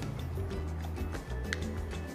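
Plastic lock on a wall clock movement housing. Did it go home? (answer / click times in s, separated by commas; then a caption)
no / none. The plastic lock on a wall clock movement housing is handled while the gears and pinions sit lined up in the movement, with steady music-like sound and a brief sharp tap near 1.5 s. The lock has not been pressed home yet, so nothing has seated or clicked.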